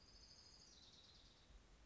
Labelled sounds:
Orange-crowned Warbler (Leiothlypis celata)

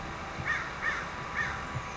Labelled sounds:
American Crow (Corvus brachyrhynchos)

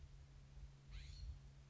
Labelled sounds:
California Scrub-Jay (Aphelocoma californica)

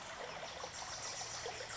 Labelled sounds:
Wilson's Warbler (Cardellina pusilla)

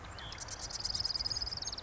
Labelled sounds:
Marsh Wren (Cistothorus palustris)

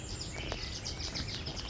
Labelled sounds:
Bewick's Wren (Thryomanes bewickii)

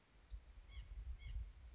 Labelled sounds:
Western Flycatcher (Empidonax difficilis)

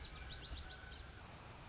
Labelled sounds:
Lazuli Bunting (Passerina amoena)

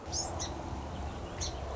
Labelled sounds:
Song Sparrow (Melospiza melodia)

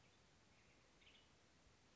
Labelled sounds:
Western Tanager (Piranga ludoviciana)

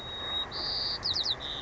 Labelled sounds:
White-crowned Sparrow (Zonotrichia leucophrys)

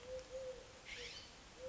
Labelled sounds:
Eurasian Collared Dove (Streptopelia decaocto)

